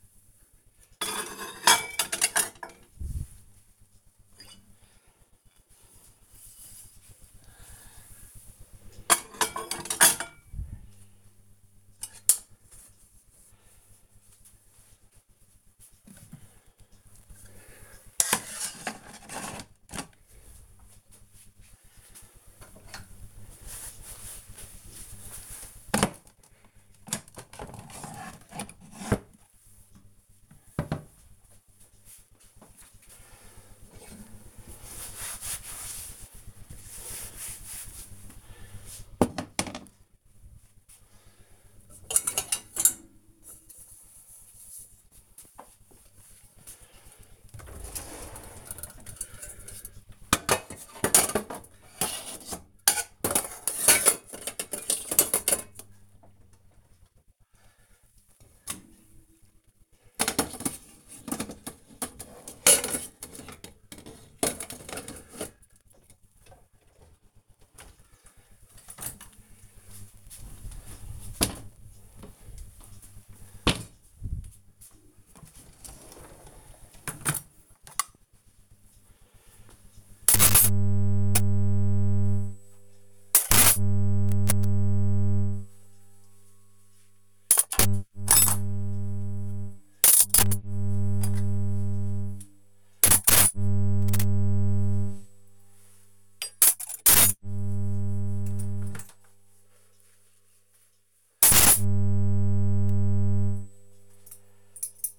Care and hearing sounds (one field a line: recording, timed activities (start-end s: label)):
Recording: household activities, microphone on the right wrist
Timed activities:
0.00-105.19 s: cleaning out the dishwasher